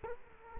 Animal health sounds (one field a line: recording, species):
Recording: mosquito wingbeat signal from an infrared sensor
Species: Culex quinquefasciatus